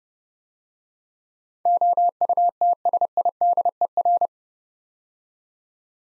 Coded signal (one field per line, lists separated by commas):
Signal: Morse code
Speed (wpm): 30 wpm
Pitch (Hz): 700 Hz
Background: none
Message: OUTSIDER